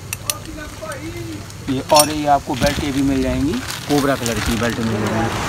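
A belt buckle is opened and then closed, locking onto its belt with a sharp metal click at 0.3 s, just after a smaller tick at 0.1 s. Someone then talks for the rest of the clip.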